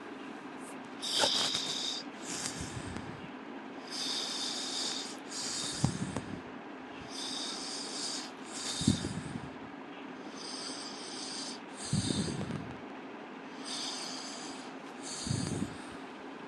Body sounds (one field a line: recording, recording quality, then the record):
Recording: deep breathing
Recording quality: excellent, no background noise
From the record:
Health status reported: healthy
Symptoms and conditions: none ticked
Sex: male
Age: 19 years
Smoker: not ticked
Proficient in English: yes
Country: India